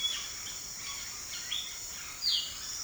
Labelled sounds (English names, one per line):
Epaulet Oriole
Red-bellied Macaw